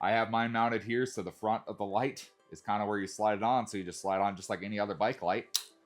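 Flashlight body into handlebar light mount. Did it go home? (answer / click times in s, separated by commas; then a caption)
no / none. A Wuben X4 flashlight, used as a bike light, is slid from its front onto a handlebar light mount while someone talks throughout. The clip ends before the light goes home, and nothing has seated or clicked yet.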